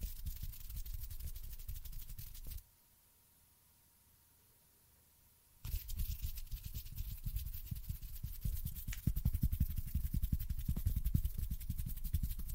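Fingers flutter in dense, rapid tapping and brushing, a busy crackling texture with soft low thumps. After about two and a half seconds the sound drops to near silence for three seconds, then returns livelier, with stronger, more irregular taps and a faint steady tone underneath.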